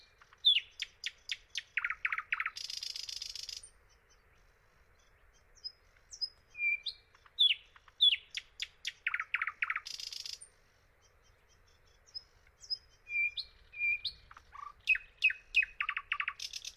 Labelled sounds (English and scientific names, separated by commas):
Thrush Nightingale (Luscinia luscinia) song